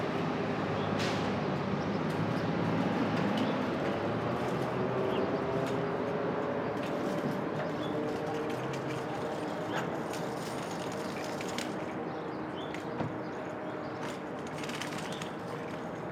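Street traffic at dawn, a steady low wash of passing vehicles with engine tones that rise and fall through the middle. Brief clicks and knocks break through now and then. Faint bird calls sit in the background, and the level eases slightly toward the end.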